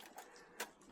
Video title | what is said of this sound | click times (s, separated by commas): 1966 Ford 4 X 4 Short Box Joy Ride Day Trip to Test a Firebox Hex Camping Stove Reflector Oven Idea! | down on the very bottom and then it just snaps right into place holds the stove into to its shape | 0.6 s